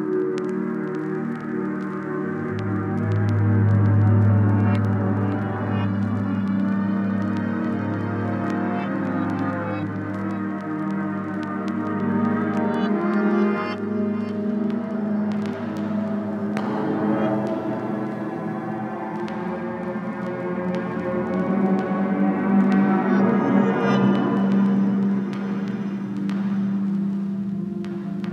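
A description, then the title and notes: A space battle: a thick, sustained drone of low tones fills the whole stretch, with a deep swell around four seconds and bright ringing layers above. Sharp clicks and short metallic hits crackle through, clustering near fourteen and twenty-five seconds, while the roar never lets up. Space Fantasy – Battle – Space Battle.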